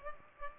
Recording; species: mosquito wingbeat signal from an infrared sensor; Culex pipiens